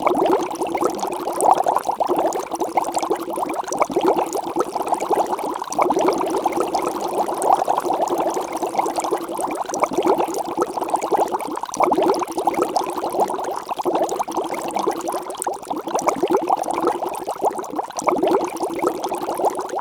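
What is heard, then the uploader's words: A potion bubbles steadily and densely for the whole stretch, a thick churning gurgle centred in the low middle with fine crackling pops throughout. Bubbling Potion.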